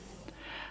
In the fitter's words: die Spitze muss man so aufsetzen dass der einzige Zapfen genau in die Nut einrastet